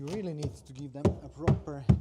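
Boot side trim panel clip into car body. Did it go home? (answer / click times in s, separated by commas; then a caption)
no / none. Someone talks while pressing a plastic boot side trim panel firmly against the body of an Audi TT so its retaining clips will seat. A few short, dull thumps sound under the speech. Nothing has seated or clicked yet.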